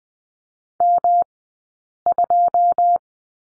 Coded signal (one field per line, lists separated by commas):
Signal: Morse code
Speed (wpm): 20 wpm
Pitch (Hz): 700 Hz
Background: none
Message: M2